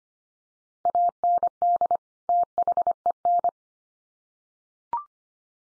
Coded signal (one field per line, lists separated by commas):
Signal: Morse code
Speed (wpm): 25 wpm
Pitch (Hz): 700 Hz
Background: none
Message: AND THEN